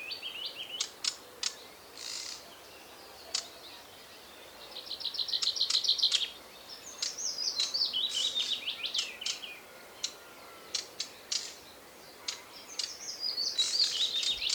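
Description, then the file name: Common Chaffinch song, quick rattling trills delivered three times with pauses between, mixed with short sharp chirps and clicks. "Fringilla coelebs"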